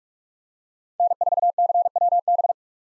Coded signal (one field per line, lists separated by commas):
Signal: Morse code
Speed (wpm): 46 wpm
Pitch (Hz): 700 Hz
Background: none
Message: N4CWB